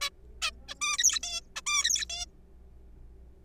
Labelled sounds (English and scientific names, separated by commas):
Zebra Finch (Taeniopygia guttata)